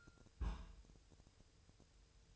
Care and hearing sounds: daily activity, microphone in the room; place on stove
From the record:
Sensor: 2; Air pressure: 999.3 hPa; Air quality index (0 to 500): 196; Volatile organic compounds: 27 ppm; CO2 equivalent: 2893 ppm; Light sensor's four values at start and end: 6/15/6/6 and 6/15/6/6

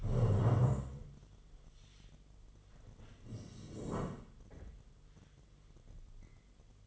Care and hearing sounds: daily activity, microphone in the room; stand up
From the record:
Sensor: 4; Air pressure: 1006.1 hPa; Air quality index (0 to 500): 106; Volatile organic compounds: 3 ppm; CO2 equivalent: 1334 ppm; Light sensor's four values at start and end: 12/28/11/10 and 12/28/11/10

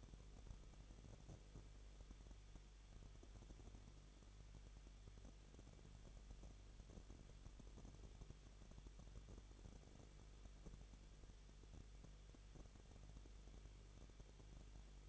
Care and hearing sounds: daily activity, microphone in the room; no activity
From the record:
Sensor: 4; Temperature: 23.0 degrees Celsius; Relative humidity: 34.3%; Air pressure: 1007.3 hPa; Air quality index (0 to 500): 217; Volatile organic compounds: 15 ppm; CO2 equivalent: 2515 ppm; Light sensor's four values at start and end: 2/3/1/1 and 2/3/1/1

